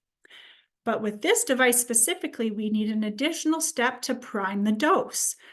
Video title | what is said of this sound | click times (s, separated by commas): 7 Inhaler Technique | we open it until it clicks now you can see the mouth piece right here | 0.2 s